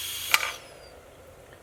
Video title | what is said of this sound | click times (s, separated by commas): Getting Started with your Instant Pot Gourmet 6qt from Costco | All you do is press down the button until it clicks. | 0.3 s